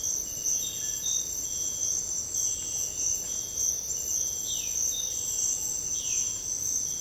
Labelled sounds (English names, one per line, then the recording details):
none
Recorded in dense forest near Puerto Asís, Putumayo, Colombia, on 19 February 2024 at 06:00
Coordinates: 0.487, -76.319
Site G6403